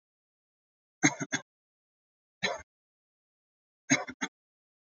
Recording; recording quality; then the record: shallow voluntary cough; excellent, no background noise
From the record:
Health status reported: healthy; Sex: male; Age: 57 years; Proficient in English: yes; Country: India